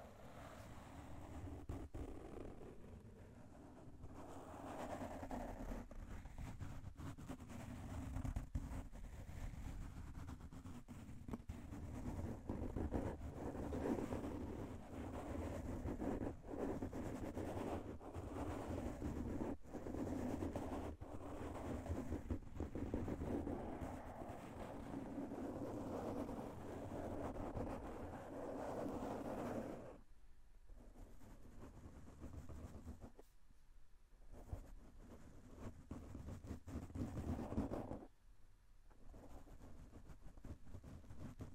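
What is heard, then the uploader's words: Dense scratching and rubbing on a microphone, full of rough crackles over a heavy low rumble that sounds like wind buffeting the mic. It stays loud and busy for the first half minute, then thins out, with brief near-silent breaks around 34 and 38 seconds. IRL Mic Scratching [M4A] [ASMR].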